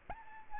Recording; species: mosquito wingbeat signal from an infrared sensor; Aedes albopictus